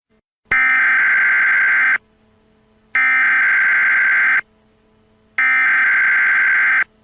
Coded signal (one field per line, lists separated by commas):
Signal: Emergency Alert System (SAME) tones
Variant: header bursts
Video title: The War of the Great Coalition [ EAS Scenario ]